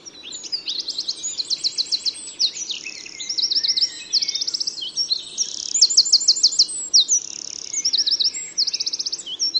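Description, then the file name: Eurasian wren delivering a continuous, energetic song of sharp high trills and metallic rattles, with the rhythm barely pausing throughout. "Troglodytes troglodytes"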